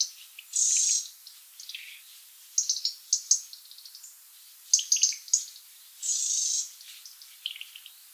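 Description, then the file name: European robin song: thin, high-pitched phrases of rapid twittering notes, with sustained high trills near 0.6 and 6 seconds, separated by brief pauses. "Erithacus rubecula"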